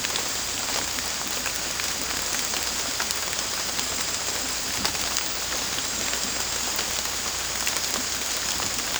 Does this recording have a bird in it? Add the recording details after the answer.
no. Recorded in dense forest near Puerto Asís, Putumayo, Colombia, on 18 December 2024 at 00:30. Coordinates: 0.466, -76.327. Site G075